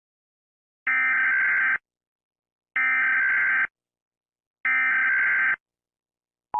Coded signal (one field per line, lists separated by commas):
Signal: Emergency Alert System (SAME) tones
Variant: header bursts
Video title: EAS Scenario:SCP-001